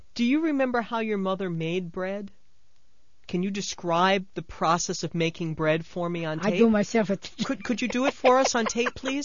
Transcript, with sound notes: Do you remember how your mother made bread? Can you describe the process of making bread for me on tape?
I do myself. ( she laughs )
Could you do it for us on tape, please?